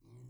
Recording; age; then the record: pig call; weaner (32 to 43 days)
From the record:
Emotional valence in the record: negative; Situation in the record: restrain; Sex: male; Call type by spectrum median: low-frequency call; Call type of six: low-frequency stable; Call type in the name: low-frequency stable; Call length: 0.31 s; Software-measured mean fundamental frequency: 56 Hz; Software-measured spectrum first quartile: 121 Hz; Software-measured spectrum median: 176 Hz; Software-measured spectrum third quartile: 543 Hz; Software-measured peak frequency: 124 Hz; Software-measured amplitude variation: 107 dB a second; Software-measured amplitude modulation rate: 26.1 a second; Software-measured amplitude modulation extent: 4.1 dB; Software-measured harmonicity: 10.6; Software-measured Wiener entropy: 0.51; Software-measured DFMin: 958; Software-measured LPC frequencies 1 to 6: 200, 979, 2198, 3109, 4017, 5218 Hz